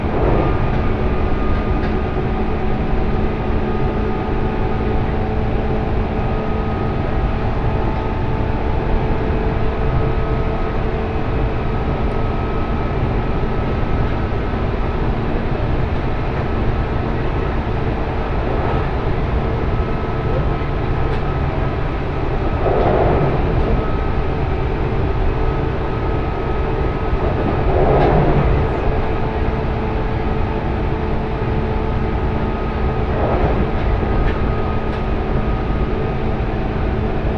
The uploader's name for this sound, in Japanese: 鉄道旅 山陽本線 岡山→倉敷